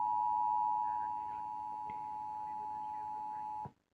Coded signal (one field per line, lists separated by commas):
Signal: Emergency Alert System (SAME) tones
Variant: 853 and 960 Hz attention tone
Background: speech